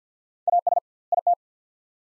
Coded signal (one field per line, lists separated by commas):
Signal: Morse code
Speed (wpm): 50 wpm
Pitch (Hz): 700 Hz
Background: none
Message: AS IT